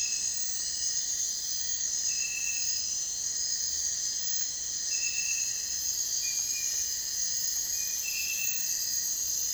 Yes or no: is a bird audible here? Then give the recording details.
no. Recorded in dense forest near Puerto Asís, Putumayo, Colombia, on 29 June 2025 at 03:30. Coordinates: 0.468, -76.322. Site GP03